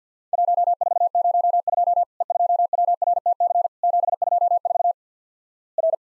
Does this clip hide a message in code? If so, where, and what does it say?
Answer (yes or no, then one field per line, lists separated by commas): yes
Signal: Morse code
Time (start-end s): 0.3-6.0 s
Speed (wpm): 50 wpm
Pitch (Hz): 700 Hz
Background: none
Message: 1402 E2WRTC 724 R